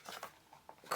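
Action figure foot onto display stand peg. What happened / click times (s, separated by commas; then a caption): The plastic foot snapped onto the base peg / 0.9 s. A plastic action figure's foot is crammed down onto a display base peg that fits a notch in the bottom of the foot. A few faint scraping and tapping sounds lead up to a sharp click at 0.9 s as the foot snaps onto the peg. It was unclear whether this was the intended click or something breaking.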